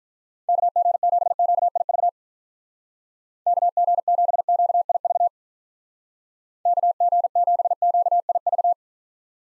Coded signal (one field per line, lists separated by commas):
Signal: Morse code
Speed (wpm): 47 wpm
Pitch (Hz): 700 Hz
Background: none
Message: KG7QIV KG7QIV KG7QIV